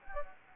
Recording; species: mosquito wingbeat signal from an infrared sensor; Anopheles gambiae